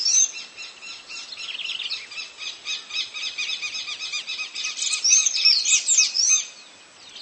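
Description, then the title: Bird song: a fast, dense stream of high chirps and twittering trills repeated rapidly, with sharper whistled notes toward the end, then fading. "LuckyPassaro Completos2Sama"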